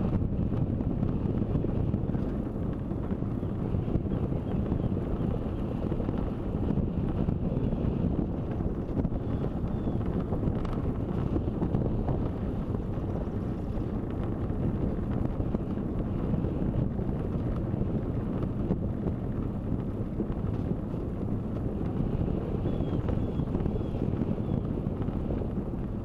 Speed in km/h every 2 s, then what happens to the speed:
22, 24, 25, 25, 25, 26, 25, 25, 24, 24, 24, 24, 24.
0-26 steady at about 24.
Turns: none.